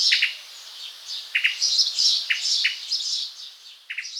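Tickell's thrush calls: short sharp chirps at irregular intervals, some in quick pairs, with higher notes above.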